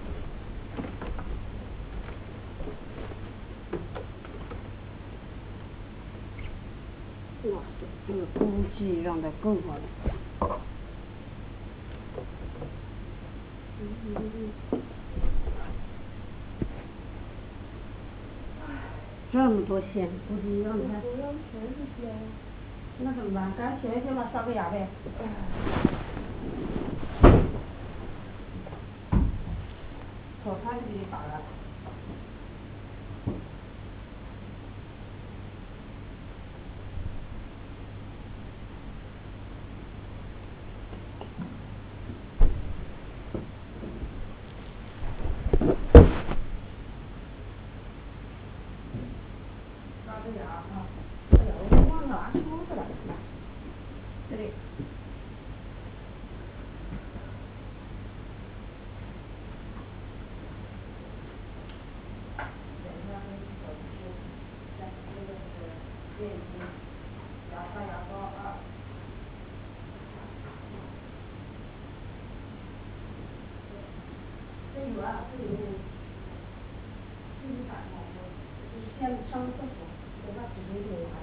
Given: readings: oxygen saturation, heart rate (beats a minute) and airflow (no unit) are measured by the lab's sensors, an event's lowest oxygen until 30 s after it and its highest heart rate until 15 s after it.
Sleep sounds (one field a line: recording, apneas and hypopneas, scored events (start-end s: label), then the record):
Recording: a person awake in a sleep study, by a voice recorder at the bedside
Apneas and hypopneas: none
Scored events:
0.00-81.23 s: awake
0.00-81.23 s: awake
From the record:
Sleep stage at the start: awake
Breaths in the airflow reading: 29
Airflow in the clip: -0.8 to 1.3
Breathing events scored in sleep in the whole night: 103 in 8.4 hours asleep